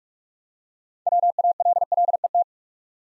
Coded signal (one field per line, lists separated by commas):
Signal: Morse code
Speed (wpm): 44 wpm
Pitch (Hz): 700 Hz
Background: none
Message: WALLET